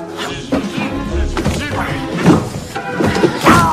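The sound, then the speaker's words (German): Something is shoved and rustled into a drawer, followed by a few hard wooden thuds as the drawer bangs shut, with a voice crying out over the clatter. “Er stopft ihn in eine Schublade.”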